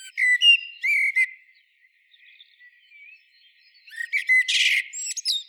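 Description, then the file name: Common blackbird, a few short whistled notes, a quiet pause, then a burst of buzzy, scratchy twitter with thin squeaks. "Turdus merula"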